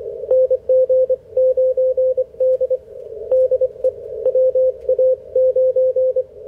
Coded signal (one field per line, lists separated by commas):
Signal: Morse code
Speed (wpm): 26 wpm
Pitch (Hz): 530 Hz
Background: radio noise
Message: NG9D DE WA9